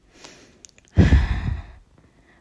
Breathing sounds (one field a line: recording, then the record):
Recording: deep breathing after running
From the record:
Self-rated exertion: very light exertion (1 of 6)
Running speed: 6 miles an hour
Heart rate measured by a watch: 110 beats a minute at the start, 111 at the end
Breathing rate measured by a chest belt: 8 breaths a minute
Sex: female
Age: 28 years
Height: 155 cm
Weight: 44 kg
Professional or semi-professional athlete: no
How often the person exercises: 3 to 5 times a week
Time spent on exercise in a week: over 5 hours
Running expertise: yes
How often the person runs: 3 to 5 times a week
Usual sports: running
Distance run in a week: 45 km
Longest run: 32 km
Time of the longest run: 200 minutes